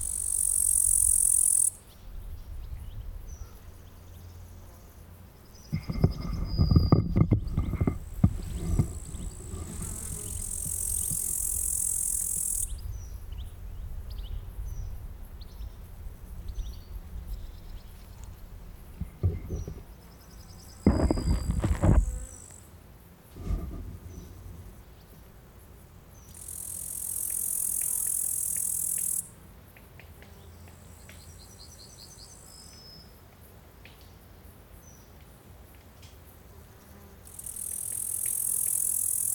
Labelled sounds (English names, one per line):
Upland Green Bush-cricket stridulation